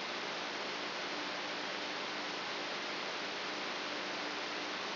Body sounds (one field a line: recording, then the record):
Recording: brain microelectrode recording played as sound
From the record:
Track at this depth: inside the subthalamic nucleus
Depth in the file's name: 6.416 mm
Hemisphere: left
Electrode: 3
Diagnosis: Parkinson's disease